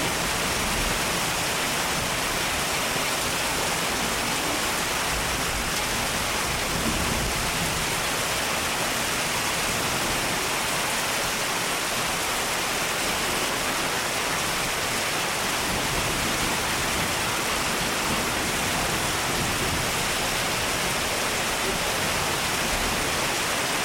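Rain pours down in a steady, dense hiss that fills everything from low to high, with a bright, airy top. Level holds constant for the whole stretch, with no single drops or pauses standing out, only a faint, uneven churning underneath.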